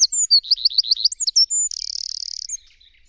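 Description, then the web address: Bird song, high and clear: a run of quick looping notes, a few sharp slurred whistles, then a fast dry buzzy trill that ends abruptly. "cianscape birddata Deverinetal 2025"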